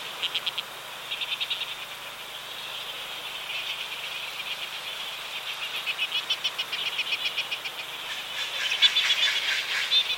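Cook's petrel gives short staccato bursts of rapid high notes, then longer rattling runs, against a steady high background drone.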